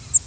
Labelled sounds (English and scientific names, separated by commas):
Cape May Warbler (Setophaga tigrina) flight call